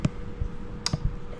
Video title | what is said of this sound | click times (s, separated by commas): Chevy Malibu MAF Sensor on a 2020 Chevrolet Malibu | You heard a click and another click. | 0.1 s, 0.9 s